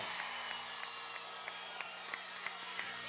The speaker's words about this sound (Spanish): Un aplauso a la juventud revolucionaria de la patria.